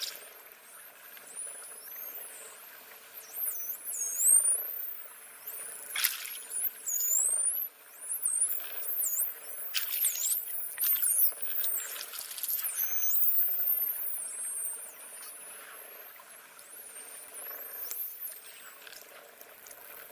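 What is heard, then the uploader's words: Dolphins whistle throughout in rising and falling high squeals, with bursts of clicks and buzzing around six, ten and twelve seconds over a soft hiss. Dolphins Voices with Whistle - Nature Sounds.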